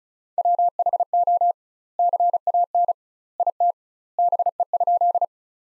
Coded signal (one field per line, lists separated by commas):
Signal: Morse code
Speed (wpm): 36 wpm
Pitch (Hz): 700 Hz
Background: none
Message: WHO CAN IT BE?